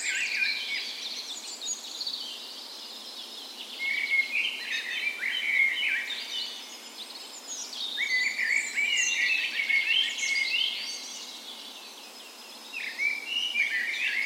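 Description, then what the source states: Bird dawn chorus, repeated bursts of energetic song with trills and sweeping whistles, pausing briefly between phrases while other birds continue. Dawn chorus in a park west in Bergen, Norway, on the spring morning of 17 May, Norway's National Day; recorded with a Sony PCM A10 and LOM micro Usi mics as 'tree ears'.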